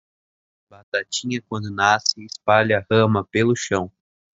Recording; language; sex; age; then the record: short text; Brazilian Portuguese; male; 18 to 19 years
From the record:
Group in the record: control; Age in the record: 18 years